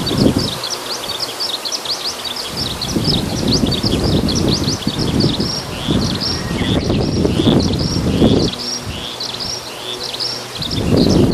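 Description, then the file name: Eurasian skylark singing an unbroken run of quick, high twittering notes, while gusty low rumbling noise rises and falls throughout. "hibari"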